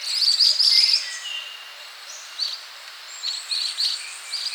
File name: Pericrocotus divaricatus